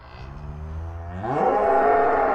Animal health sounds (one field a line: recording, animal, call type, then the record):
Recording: contact call of a hoofed animal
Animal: cattle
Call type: low-frequency (closed-mouth) or high-frequency (open-mouth) call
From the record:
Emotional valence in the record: negative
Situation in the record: full separation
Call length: 2.4 s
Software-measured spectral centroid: 970 Hz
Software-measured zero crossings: 1110 a second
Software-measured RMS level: -22 dBFS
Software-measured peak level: -8 dBFS